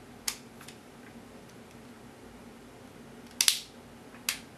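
While reassembling a Samsung Wave Y smartphone, the plastic back housing is pressed onto the phone frame, with a sharp tick at 0.3 s and faint handling sounds before it. The housing's clips snap into place with crisp clicks at 3.4 s and 4.3 s, and the housing is clipped shut.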